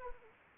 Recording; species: mosquito wingbeat signal from an infrared sensor; Anopheles arabiensis